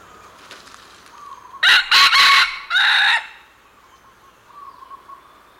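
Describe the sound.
Red junglefowl crowing: a loud, harsh, broken crow in several bursts lasting about a second and a half, with faint bird calls and soft chirps around it.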